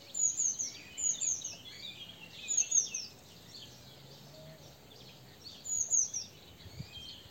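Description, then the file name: Eurasian blue tit calls: four quick groups of piercing high notes, the first three close together, then a pause, over faint background twittering. "Cyanistes caeruleus"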